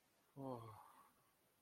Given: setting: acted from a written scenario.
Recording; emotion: vocal sound without words; serenity